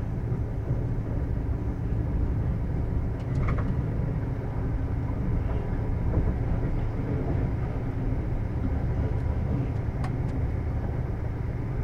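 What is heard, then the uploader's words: A train rumbles steadily along the tracks, a dense, low roar that holds nearly constant for the whole stretch. A deep hum runs underneath, and a few brief, bright ticks and clicks from the rails stand out around 3 to 4 seconds and again near 9 and 10 seconds. Sleeper train to London. Its midnight and you’re booked onto the overnight train from Penzance to London Paddington. Through the night the train rocks back and forth and the sound of the tracks and the rumble of the train through the landscape lulling you to sleep.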